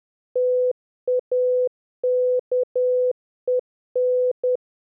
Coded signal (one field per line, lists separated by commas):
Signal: Morse code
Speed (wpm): 10 wpm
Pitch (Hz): 500 Hz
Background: none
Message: TAKEN